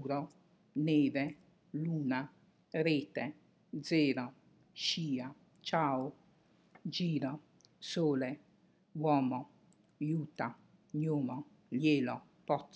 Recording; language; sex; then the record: read list of words; Italian; female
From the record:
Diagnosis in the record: healthy control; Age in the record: 68 years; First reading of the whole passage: 56 s, 9.3 characters per second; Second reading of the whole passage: 53 s, 9.8 characters per second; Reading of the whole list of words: 52 s, 5.4 characters per second